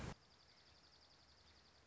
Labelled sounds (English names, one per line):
Dark-eyed Junco